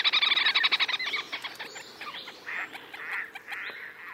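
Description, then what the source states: Little Grebe trill: a loud, evenly pulsed high trill for about a second, then softer broken trilling notes trailing away. Territorial dispute between neighbouring birds, featuring a great deal of trilling.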